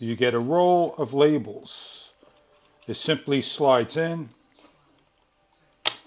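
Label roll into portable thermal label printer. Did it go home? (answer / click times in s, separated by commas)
yes / 5.9 s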